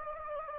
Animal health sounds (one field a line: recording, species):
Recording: mosquito wingbeat signal from an infrared sensor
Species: Anopheles gambiae